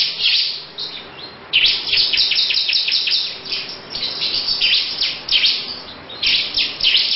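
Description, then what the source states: Lovebird song: bursts of quick, shrill chirps alternating with softer stretches. Long 'ngekek' song.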